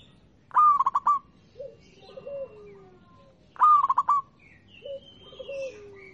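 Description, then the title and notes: Zebra dove song: two rapid rolling coo phrases three seconds apart, each trailed by softer lower notes and a faint high call. Local (lokal) type, singing. "Kicau Perkutut Lokal. Kicau Burung Perkutut"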